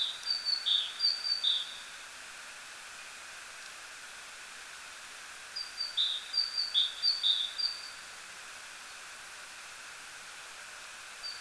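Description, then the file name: Great tit delivering two bursts of repeated two-note whistles, high then lower, separated by several seconds of quiet hiss, with a brief note at the end. "Parus major"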